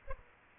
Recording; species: mosquito wingbeat signal from an infrared sensor; Aedes aegypti